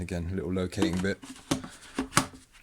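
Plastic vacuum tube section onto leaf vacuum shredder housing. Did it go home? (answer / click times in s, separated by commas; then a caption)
yes / 2.2 s. Someone talks while a plastic vacuum tube section is fitted onto its locating tab on the housing of a STIHL SH 86 / BG 86 leaf blower/vacuum shredder. A sharp click at 2.2 s marks the tube section locking in place, seated, with a smaller knock just before it at 2.0 s and a faint one after at 2.6 s.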